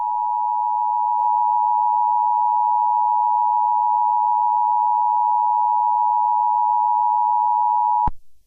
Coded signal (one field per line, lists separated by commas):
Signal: Emergency Alert System (SAME) tones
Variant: 853 and 960 Hz attention tone